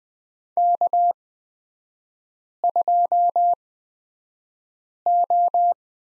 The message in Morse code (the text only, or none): K2O